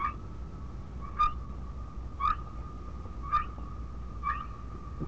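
Whale calls: short harmonic pulses near a steady high tone, repeating roughly once a second over a low rumble of background noise.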